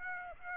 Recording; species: mosquito wingbeat signal from an infrared sensor; Aedes aegypti